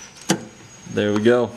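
A driver-side headlight bulb on a Cadillac Escalade is turned in its headlight housing in a cramped space until it engages the locking tabs. A sharp click at 0.3 s marks it locking into place, and then someone talks.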